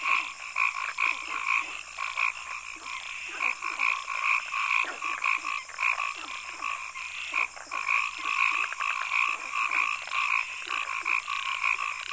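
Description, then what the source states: Frogs calling in a dense chorus of rapid, rhythmic croaking notes repeated several times a second, with a continuous high-pitched buzz throughout. Frogs calling on a pond with cicadas in the background.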